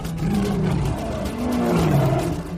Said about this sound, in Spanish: Otra vez, un inmenso rugido hizo temblar el agua misma de la orilla y los tigres desembocaron en la costa.